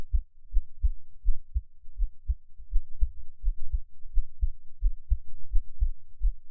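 An adult's own heartbeat: soft, deep lub-dub thumps repeating steadily at about 83 beats a minute, picked up close to the chest with an NT5 microphone.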